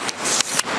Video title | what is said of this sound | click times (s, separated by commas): DOES THE PERFECT TRAVEL TRIPOD ACTUALLY EXIST? #nikond850 #landscapephotography #woodland | that just come straight out so you can lock them in | 0.4 s, 0.6 s